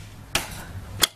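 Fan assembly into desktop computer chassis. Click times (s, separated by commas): 1.0 s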